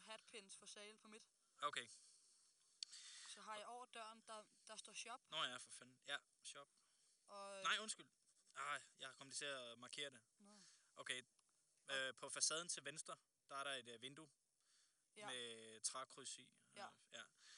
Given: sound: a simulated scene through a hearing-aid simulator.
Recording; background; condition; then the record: conversation; quiet; 75 dB SPL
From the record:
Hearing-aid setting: standard clinical setting (NAL); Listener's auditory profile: A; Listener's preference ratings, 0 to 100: 100, 93, 98